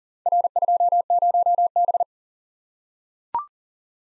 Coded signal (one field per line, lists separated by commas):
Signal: Morse code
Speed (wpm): 42 wpm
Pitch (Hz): 700 Hz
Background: none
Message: R20B